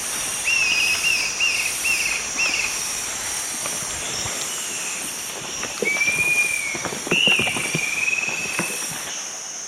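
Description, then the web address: Dusky-capped flycatcher with a quick run of short whistles, then longer drawn-out whistles, amid loud continuous insect buzzing. S America, eastern lowlands. "S America Eastern Lowlands 413 Dusky-capped Flycatcher"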